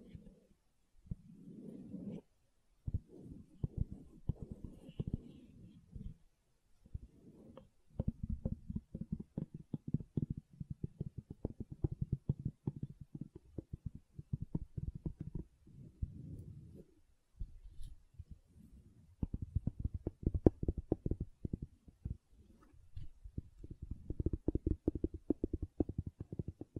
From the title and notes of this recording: ASMR Gentle Silicon Sounds for Sleep (No Talking).